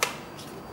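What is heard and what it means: The blade assembly of a Thermomix TM6 is put back into the base of the plastic and steel mixing bowl and twisted to lock, which is very tight the first time and must be done properly so it clicks. A single sharp click sounds at 0.0 s, followed by a quiet, steady background. The blade assembly is seated and locked in the bowl.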